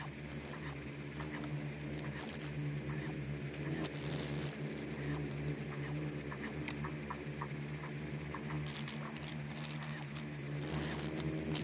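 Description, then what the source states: Insect swarm drone, a sustained low hum under frequent rapid pattering clicks, with louder crackling bursts at intervals. Bugs and beetles swarming in the Namib desert; a desert seeming quiet at first listen but full of soundscapes and micro-sounds.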